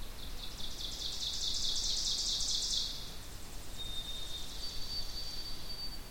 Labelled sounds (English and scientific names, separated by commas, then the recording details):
Ovenbird (Seiurus aurocapilla) song
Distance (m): 25 m
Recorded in boreal forest in Alberta, Canada, on 2 June 2016 at 06:27
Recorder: SongMeter 3, array SBT-3-7
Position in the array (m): 197 m, 96 m
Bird 6